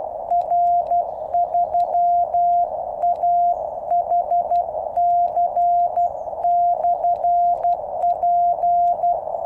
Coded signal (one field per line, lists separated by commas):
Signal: Morse code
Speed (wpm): 12 wpm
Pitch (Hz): 700 Hz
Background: none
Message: R3AHC/P